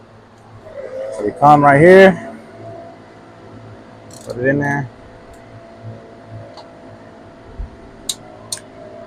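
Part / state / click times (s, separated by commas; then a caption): torque wrench on a fastener of a motorcycle quick shifter / torque reached / 8.1 s, 8.5 s. Someone talks while a torque wrench set to 10 Nm tightens a fastener on a quick shifter being installed on a Yamaha R7 motorcycle. Against a faint steady hum, two sharp clicks sound at 8.1 s and 8.5 s as the wrench reaches 10 Nm.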